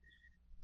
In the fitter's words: and it's that's not latching in